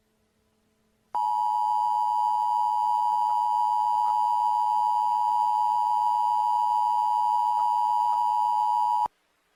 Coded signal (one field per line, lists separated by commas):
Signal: Emergency Alert System (SAME) tones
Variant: 853 and 960 Hz attention tone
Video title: EAS Scenario #6: Unknown Number